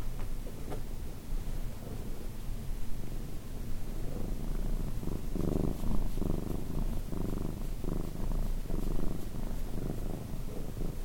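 Cat purring, a steady low rumble with soft pulsing swells throughout and a few faint clicks above.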